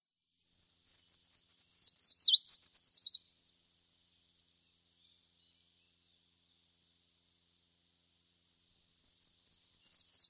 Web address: Schulze Peter Eurasian Treecreeper song